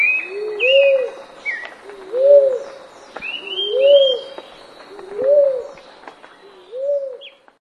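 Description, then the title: Dove cooing, soft low hooting phrases that rise and fall, repeated about every one and a half seconds, with high chirps from other birds behind. "Canto Da Pomba"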